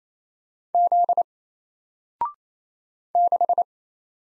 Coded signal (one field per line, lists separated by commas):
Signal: Morse code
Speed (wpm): 27 wpm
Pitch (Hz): 700 Hz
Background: none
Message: Z 6